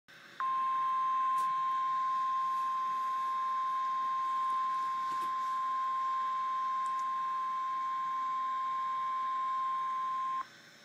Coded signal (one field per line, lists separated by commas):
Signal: Emergency Alert System (SAME) tones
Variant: 1050 Hz attention tone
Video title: REAL EAS 988-SVR